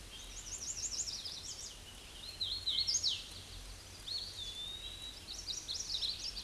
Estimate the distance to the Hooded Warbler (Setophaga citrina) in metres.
about 20 m